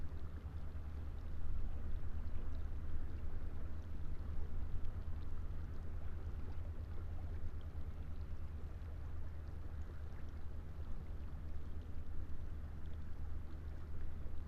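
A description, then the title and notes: Tidal water at a night-time estuary sloshes steadily against a seawall, a dense, constant low churning with a faint airy hiss above. Soundscenes of a changing tide. The Lento box is recording alone, tied to a cold, stark railing, that descends down the seawall into the water. East of Burnham-on-Crouch, facing due south, across the river, to Wallasea Island on the other side. Heard bobbling, over the many ridged joins that make up the seawall. We made this recording several years ago in August. The nocturnal sound of this estuary place.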